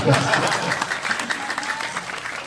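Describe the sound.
Loud, dense applause from many hands, a steady wash of overlapping claps that holds strong for the whole stretch, with some voices faintly mixed in beneath it.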